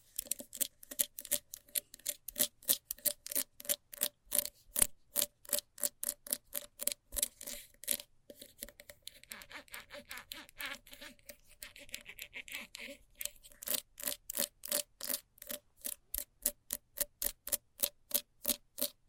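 Fast scratching in quick, regular strokes, each a short bright rasp repeating about three times a second. Around the middle the strokes soften and blur into a rougher, continuous scraping, then the crisp rapid rhythm returns and runs to the end.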